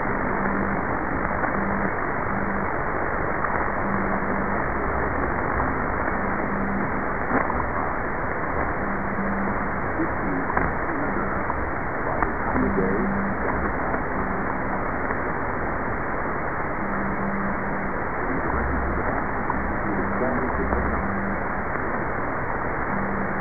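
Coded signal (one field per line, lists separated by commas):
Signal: radio time signal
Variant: WWV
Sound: loud shortwave hiss with a faint low hum pulsing on and off, and faint ticks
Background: radio static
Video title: WWV Time Signal (Fort Collins, Colorado, USA) - 25000 kHz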